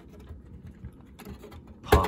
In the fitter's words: and it just has to pop into place you just have to push on it